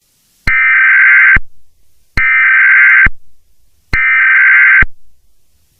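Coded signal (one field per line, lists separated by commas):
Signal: Emergency Alert System (SAME) tones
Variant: header bursts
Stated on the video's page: Not a real EAS and not on the air; fan-made Poppy Playtime alert that may contain valid EAS tones.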